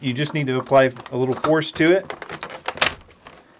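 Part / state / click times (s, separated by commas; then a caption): hose fitting into upright vacuum outlet / seated / 2.8 s. Someone talks while lining up a hose fitting with the outlet on the body of a Dyson Ball Animal 2 upright vacuum and pushing it on with a little force during a deep clean to restore suction. A sharp click at 2.8 s is the plastic clip snapping home, and the hose is seated.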